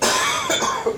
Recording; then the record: coughing mixed with background sound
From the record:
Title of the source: Spring Cold Coughing 2